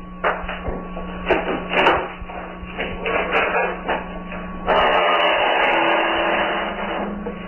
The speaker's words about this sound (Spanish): La puerta se abre lentamente y los goznes enmohecidos gimen lastimeros.